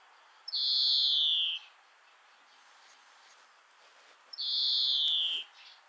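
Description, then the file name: European greenfinch: two drawn-out buzzy wheezes, each about a second long and falling slightly in pitch, spaced about four seconds apart. "Chloris chloris"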